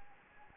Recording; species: mosquito wingbeat signal from an infrared sensor; Anopheles gambiae